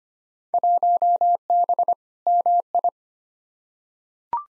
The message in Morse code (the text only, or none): 1B MI